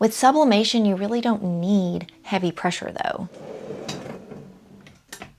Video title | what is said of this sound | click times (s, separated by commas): The ONLY heat press you'll ever need! Vevor heat press product review | And see, I've got it on the auto feature, so as soon as it clicked into place, it's doing its thing. | 5.1 s